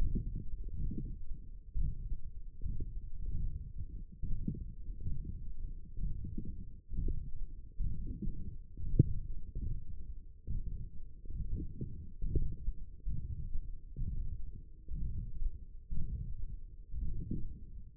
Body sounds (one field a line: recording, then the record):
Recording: forearm muscle sounds (acoustic myography)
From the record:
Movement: radial deviation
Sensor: system 1, eight BSWA MPA416 microphones around the upper forearm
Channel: 1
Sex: male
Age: 23 years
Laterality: right